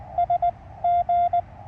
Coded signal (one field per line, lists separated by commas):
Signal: Morse code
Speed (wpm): 19 wpm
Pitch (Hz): 690 Hz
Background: none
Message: S G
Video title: Cootie Key Morse Code CW POTA activation of Lowden State Park, Oregon IL with K9NUD 3 of 3 that day